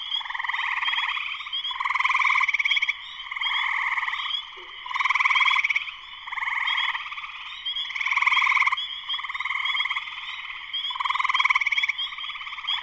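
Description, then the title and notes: Spring peeper chorus: a dense wall of frog calls, short high rising peeps over loud pulsed trills that swell and fade roughly every one to two seconds. Full chorus shortly after sunset, Sleeping Bear Dunes National Lakeshore, northern Michigan, USA. "Spring peepers (chorus frogs) in full chorus shortly after sunset in the Sleeping Bear Dunes National Lakeshore in northern Michigan, USA. Recorded by Darrin Wassom. Music for Sleep"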